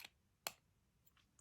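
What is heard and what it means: A cap is pushed onto a lightweight fountain pen body with an abalone finish and snaps shut with a sharp click at 0.5 s, seating firmly. Fainter clicks are heard at 0.1 s and 1.4 s.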